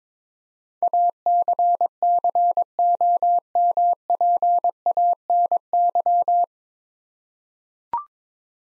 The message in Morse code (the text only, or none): ACCOMPANY